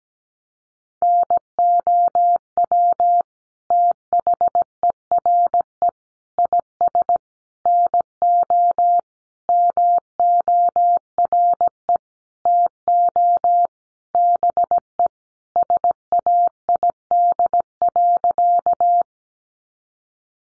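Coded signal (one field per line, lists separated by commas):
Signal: Morse code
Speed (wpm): 17 wpm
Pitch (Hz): 700 Hz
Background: none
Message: NOW THERE IS NO MORE TO BE SAID.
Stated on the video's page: Morse practice of sentences built from the top 100 words at 17 wpm, each sent, spoken, then sent again.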